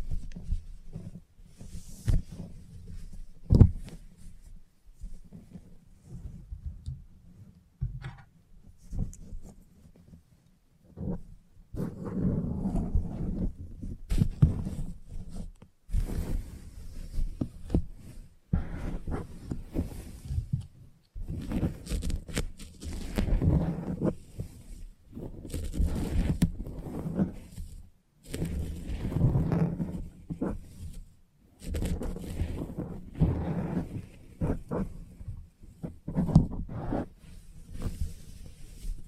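Salon head massage and haircut sounds: sparse snips and clicks for about twelve seconds, then repeated low rubbing bursts every few seconds.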